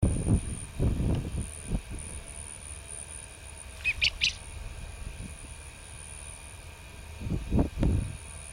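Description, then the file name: Japanese quail giving one short, harsh three-note burst, with low thumping and rumbling noises before and after. "Coturnix japonica"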